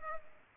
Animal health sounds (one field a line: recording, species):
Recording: mosquito wingbeat signal from an infrared sensor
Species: Culex pipiens